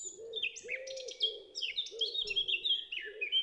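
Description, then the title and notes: Eurasian blackcap song, a quick run of varied warbled and chattering notes, while a wood pigeon's soft low cooing continues underneath. Recorded 10 April 2020 at Champs des Blas, Val Maravel, after the dawn chorus; single melodious singer; wood pigeon cooing behind; Nagra LB recorder, stereo omni MKH20 microphones. "Fauvette à tête noire (Sylvia atricapilla). Champs des Blas - Val Maravel"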